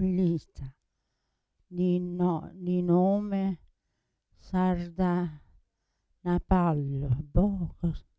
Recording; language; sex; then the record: read passage; Italian; female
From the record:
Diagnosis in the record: Parkinson's disease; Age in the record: 80 years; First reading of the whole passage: 169 s, 3.1 characters per second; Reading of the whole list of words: 101 s, 2.8 characters per second